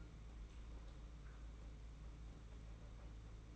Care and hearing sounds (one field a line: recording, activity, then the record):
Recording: daily activity, microphone in the room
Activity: open fridge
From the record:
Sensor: 1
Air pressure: 991.8 hPa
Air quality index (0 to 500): 205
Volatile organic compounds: 1000 ppm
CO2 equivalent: 7932 ppm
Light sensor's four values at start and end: 28/99/38/38 and 28/99/38/38